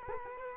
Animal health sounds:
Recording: mosquito wingbeat signal from an infrared sensor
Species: Culex quinquefasciatus

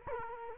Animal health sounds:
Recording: mosquito wingbeat signal from an infrared sensor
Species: Culex quinquefasciatus

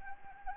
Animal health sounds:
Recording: mosquito wingbeat signal from an infrared sensor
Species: Anopheles arabiensis

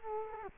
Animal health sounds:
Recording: mosquito wingbeat signal from an infrared sensor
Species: Culex quinquefasciatus

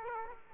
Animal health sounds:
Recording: mosquito wingbeat signal from an infrared sensor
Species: Aedes aegypti

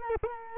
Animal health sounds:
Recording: mosquito wingbeat signal from an infrared sensor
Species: Culex quinquefasciatus

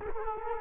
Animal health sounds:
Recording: mosquito wingbeat signal from an infrared sensor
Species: Culex quinquefasciatus

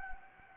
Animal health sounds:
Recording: mosquito wingbeat signal from an infrared sensor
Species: Anopheles gambiae

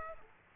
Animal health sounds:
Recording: mosquito wingbeat signal from an infrared sensor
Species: Aedes aegypti

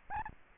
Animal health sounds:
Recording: mosquito wingbeat signal from an infrared sensor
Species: Aedes albopictus

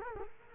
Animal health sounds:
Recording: mosquito wingbeat signal from an infrared sensor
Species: Culex quinquefasciatus

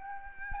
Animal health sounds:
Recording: mosquito wingbeat signal from an infrared sensor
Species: Aedes albopictus

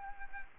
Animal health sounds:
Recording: mosquito wingbeat signal from an infrared sensor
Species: Aedes aegypti

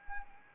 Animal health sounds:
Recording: mosquito wingbeat signal from an infrared sensor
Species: Anopheles arabiensis

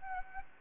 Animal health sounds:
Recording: mosquito wingbeat signal from an infrared sensor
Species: Anopheles gambiae

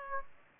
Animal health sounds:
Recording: mosquito wingbeat signal from an infrared sensor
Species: Aedes aegypti

